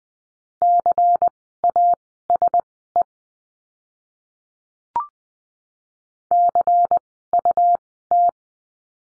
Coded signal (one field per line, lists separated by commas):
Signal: Morse code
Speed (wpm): 20 wpm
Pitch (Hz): 700 Hz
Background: none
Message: CASE CUT